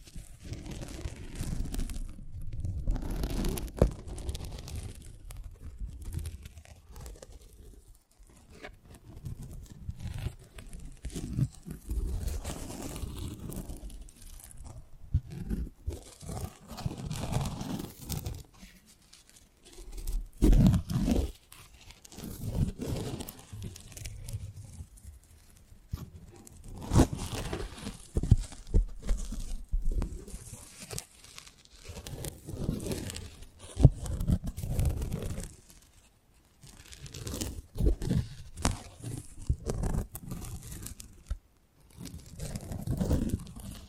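Close-up handling noise on a microphone: rustling, crinkling and tearing-like scrapes come in irregular bursts for the whole clip, many with low thumps and rumble beneath. Brief quieter gaps separate busier stretches, and sharp clicks and crackles dart across the top.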